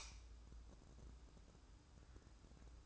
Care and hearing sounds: daily activity, microphone in the room; light on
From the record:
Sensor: 2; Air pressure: 1007.7 hPa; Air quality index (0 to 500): 75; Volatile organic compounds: 1 ppm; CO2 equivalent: 634 ppm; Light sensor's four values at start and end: 8/20/8/8 and 13/35/14/14

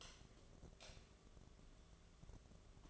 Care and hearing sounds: daily activity, microphone in the room; light off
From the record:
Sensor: 4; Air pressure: 1011.1 hPa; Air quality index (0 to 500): 144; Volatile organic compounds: 3 ppm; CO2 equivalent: 1476 ppm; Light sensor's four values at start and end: 163/425/180/187 and 162/423/179/186

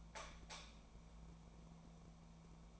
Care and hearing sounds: daily activity, microphone in the room; light off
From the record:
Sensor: 1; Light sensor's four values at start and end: 36/97/39/47 and 32/82/34/42

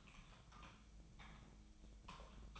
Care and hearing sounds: daily activity, microphone in the room; typing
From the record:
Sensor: 1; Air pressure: 1009.5 hPa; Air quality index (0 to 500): 195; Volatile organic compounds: 19 ppm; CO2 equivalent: 2668 ppm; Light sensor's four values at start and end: 29/75/31/37 and 30/75/31/37

